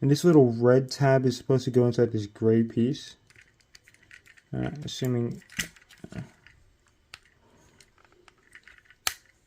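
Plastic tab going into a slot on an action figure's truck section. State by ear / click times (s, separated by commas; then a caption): seated / 9.1 s. Someone talks while fitting a small red plastic tab on a transforming robot figure into a gray plastic piece of its fire-truck section, followed by faint plastic ticks and scrapes as the parts are worked together. A sharp click at 9.1 s marks the tab seating in place.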